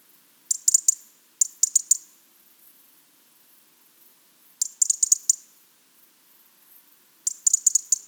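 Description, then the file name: European robin uttering clipped, high ticks in tight bursts: two close together, then two more, each after a pause. "Erithacus rubecula"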